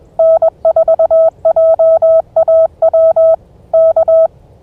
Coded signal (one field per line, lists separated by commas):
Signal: Morse code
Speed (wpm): 21 wpm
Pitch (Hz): 660 Hz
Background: none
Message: N4JAW K